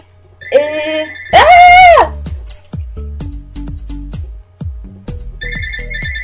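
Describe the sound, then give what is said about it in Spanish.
A phone ringtone plays: a couple of bright sustained electronic tones, one swooping up and down, then a string of short plucked notes that decay quickly, fairly loud with no talking. “Sonando está el teléfono.”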